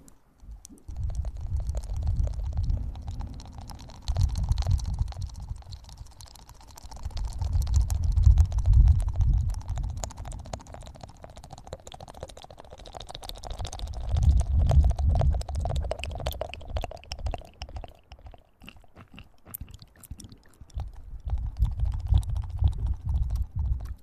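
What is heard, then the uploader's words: Mouth sounds unfold as a dense stream of tiny wet clicks and smacks, constant throughout. Low, muffled swells rise and fall in roughly four waves, peaking around 2, 8, 15 and 22 seconds, while a faint thin hiss sits underneath. Sensitivity Spine Tingling Mouth Sounds.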